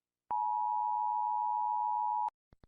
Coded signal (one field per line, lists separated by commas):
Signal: Emergency Alert System (SAME) tones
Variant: 853 and 960 Hz attention tone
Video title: 🚨 Rating EAS alarms from around the world 🚨 || ・Chibicake Gacha・